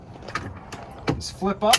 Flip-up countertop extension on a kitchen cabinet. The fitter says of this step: flip up and lock into place this allows you to have a much more open floor plan when you're just